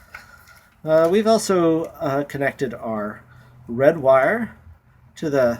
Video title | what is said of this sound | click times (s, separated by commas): EngineStat 1962 Jeep FleetVan Installation | Plug and Play absolutely no wiring to do there and just plug it in till it clicks | 0.1 s